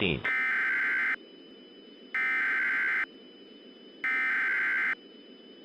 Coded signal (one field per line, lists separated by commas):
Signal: Emergency Alert System (SAME) tones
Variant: header bursts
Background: speech